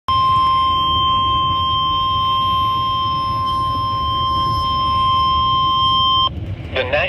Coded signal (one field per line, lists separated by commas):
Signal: Emergency Alert System (SAME) tones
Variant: 1050 Hz attention tone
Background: speech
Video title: EAs Severe Thunderstorm Warning for my county